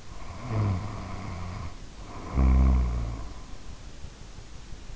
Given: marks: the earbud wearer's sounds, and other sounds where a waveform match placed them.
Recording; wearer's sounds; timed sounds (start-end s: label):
sounds in sleep by an in-ear microphone; snoring breath
0.00-3.78 s: snoring breath